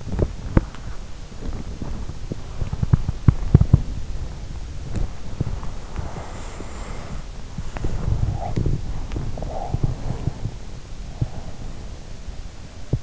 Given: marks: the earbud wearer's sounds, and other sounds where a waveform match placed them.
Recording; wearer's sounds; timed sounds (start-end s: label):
sounds in sleep by an in-ear microphone; body movement, breath
0.00-13.03 s: body movement
5.93-9.06 s: breath
9.64-12.12 s: breath